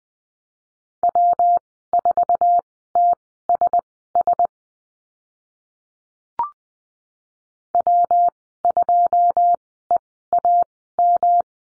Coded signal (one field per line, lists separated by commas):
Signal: Morse code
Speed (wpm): 20 wpm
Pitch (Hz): 700 Hz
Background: none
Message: W4TSS W2EAM